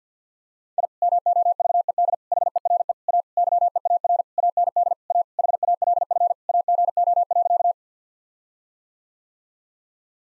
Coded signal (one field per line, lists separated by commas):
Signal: Morse code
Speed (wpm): 50 wpm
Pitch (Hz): 700 Hz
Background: none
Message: I MOVED HERE A YEAR AND A HALF AGO.